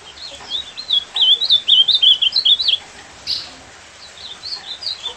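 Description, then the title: Ultramarine grosbeak singing a quick, rich warble of looping high notes, a short break, then a softer trailing phrase. Described as a beautiful song; offered as a tutor for teaching a pet golinha seedeater to sing. "Encarte Seu Golinha Com Este Lindo Canto De Azulão"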